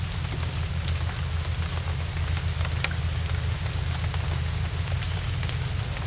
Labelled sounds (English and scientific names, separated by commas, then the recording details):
none
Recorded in dense forest near Puerto Asís, Putumayo, Colombia, on 21 December 2024 at 11:00
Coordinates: 0.468, -76.322
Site G071